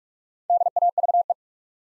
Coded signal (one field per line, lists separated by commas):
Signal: Morse code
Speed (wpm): 44 wpm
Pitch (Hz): 700 Hz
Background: none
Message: DAVE